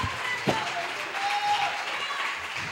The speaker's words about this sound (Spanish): Dele palmas al Señor con todo su corazón.